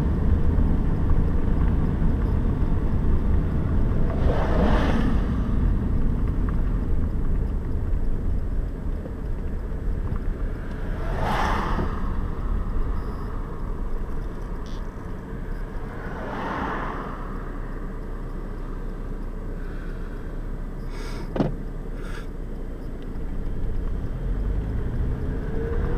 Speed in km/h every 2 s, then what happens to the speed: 34, 30, 21, 16, 12, 9, 7, 2, 0, 0, 0, 9, 13.
0-14 slows to 2. 14-21 standing. 21-26 pulls away to 13.